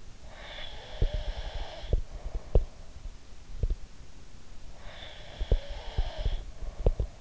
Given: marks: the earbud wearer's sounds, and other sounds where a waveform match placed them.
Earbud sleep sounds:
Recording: sounds in sleep by an in-ear microphone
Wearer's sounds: breath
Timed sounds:
0.20-2.75 s: breath
0.97-3.78 s: sound from someone else or the room
4.76-7.21 s: breath
5.40-7.21 s: sound from someone else or the room

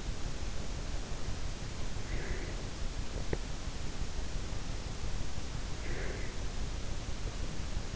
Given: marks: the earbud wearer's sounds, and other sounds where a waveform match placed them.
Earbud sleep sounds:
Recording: sounds in sleep by an in-ear microphone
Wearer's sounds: breath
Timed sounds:
2.03-2.69 s: breath
5.75-6.45 s: breath

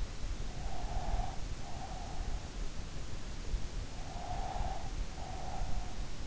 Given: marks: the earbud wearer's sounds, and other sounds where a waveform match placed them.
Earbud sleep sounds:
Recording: sounds in sleep by an in-ear microphone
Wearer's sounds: breath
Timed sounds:
0.13-2.91 s: breath
4.07-6.20 s: breath

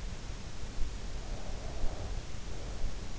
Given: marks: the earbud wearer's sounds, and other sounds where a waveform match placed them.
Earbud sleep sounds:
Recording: sounds in sleep by an in-ear microphone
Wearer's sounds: breath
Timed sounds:
1.00-3.10 s: breath

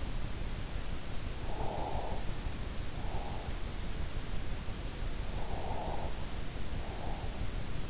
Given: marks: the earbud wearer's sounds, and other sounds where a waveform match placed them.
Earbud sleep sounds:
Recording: sounds in sleep by an in-ear microphone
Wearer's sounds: breath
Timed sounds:
1.69-3.49 s: breath
5.48-7.47 s: breath

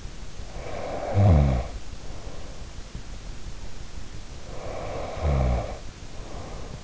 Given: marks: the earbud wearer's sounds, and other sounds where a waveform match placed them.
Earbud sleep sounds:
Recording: sounds in sleep by an in-ear microphone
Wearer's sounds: snoring breath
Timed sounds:
0.48-2.92 s: snoring breath
4.28-6.84 s: snoring breath

